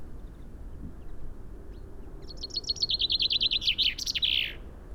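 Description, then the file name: Common chaffinch song: a quick descending series of bright trilled notes ending in a flourish, over a faint low background rumble. "Fringilla coelebs"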